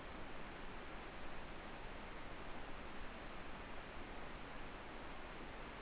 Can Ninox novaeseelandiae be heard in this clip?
no